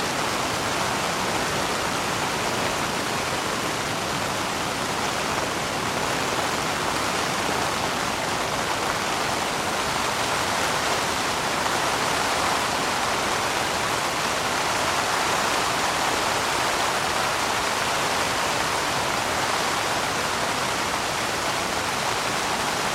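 Rain falls in a steady, dense hiss of countless drops with no gaps or pauses, even throughout. The sound is full and bright, with a soft rumbling low end, and its level stays constant from start to finish.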